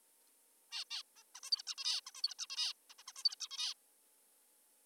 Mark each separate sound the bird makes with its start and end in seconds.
0.72-0.84, 0.90-1.03, 1.16-1.24, 1.36-1.40, 1.43-1.50, 1.52-1.62, 1.67-1.75, 1.78-2.01, 2.07-2.11, 2.15-2.22, 2.24-2.34, 2.39-2.46, 2.50-2.73, 2.90-2.94, 2.99-3.03, 3.08-3.12, 3.16-3.24, 3.25-3.36, 3.40-3.48, 3.51-3.74